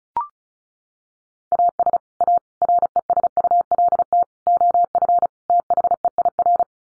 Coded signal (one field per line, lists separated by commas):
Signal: Morse code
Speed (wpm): 34 wpm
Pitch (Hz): 700 Hz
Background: none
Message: AS A RESULT OF THEIR